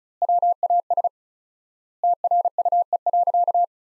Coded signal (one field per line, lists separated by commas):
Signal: Morse code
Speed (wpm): 36 wpm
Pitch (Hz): 700 Hz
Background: none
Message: WAS TRUE.